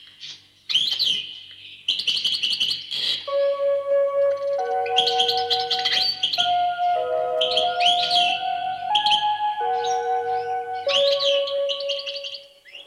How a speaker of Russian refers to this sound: Нет, ты послушай, послушай. Птица поет. Слышишь, как поет?